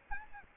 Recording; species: mosquito wingbeat signal from an infrared sensor; Aedes albopictus